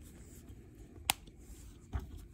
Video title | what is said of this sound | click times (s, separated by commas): LEGO City Police Bike Car Chase 60392 Opening and Building | just snaps right in there snaps right in there | 1.1 s